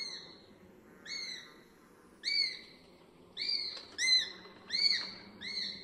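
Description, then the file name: Sparrowhawk squealing calls: high, whining notes that come quicker toward the end, with soft background noise. "SPARROWHAWK"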